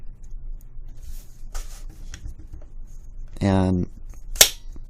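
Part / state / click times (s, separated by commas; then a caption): adjustable rifle stock on buffer tube / seated / 4.4 s. An adjustable rifle stock is slid onto the buffer tube with its release lever held down, then let go so it snaps into a position detent, with no friction lock. Someone talks briefly, then a sharp, loud snap at 4.4 s marks the stock locking in place on the buffer tube.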